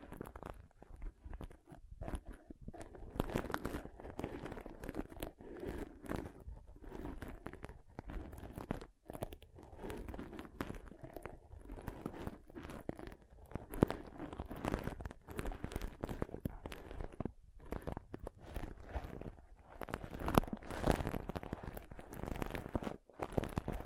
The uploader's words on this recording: ASMR Ultimate Pom Pom Tingles (No Talking).